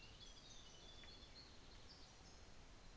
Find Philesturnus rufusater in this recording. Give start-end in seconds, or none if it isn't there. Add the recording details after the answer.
none. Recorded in New Zealand on 24 December 2018. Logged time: 17:45